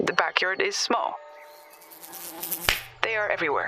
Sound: A fly buzzes near the phone. She swats at it